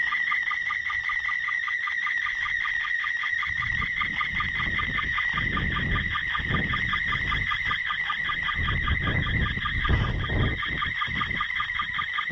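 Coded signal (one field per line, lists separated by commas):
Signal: SSTV (slow-scan television)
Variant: PD120 mode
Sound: warbling, buzzy scanning tone with rapid regular ticking sync pulses throughout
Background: handheld radio noise, handling rumble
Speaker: should be coming over any moment now and i'm starting to hear the one of the images so let's see here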